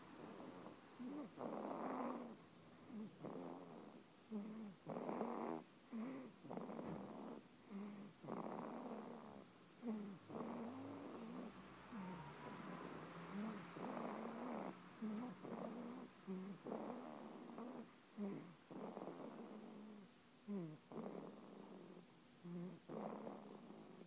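Quick, regular noisy breaths, roughly 45 to 50 a minute, each with a rattly, snorting or faintly squeaky purr-like tone. This is the snoring of a 9-day-old boy during sleep.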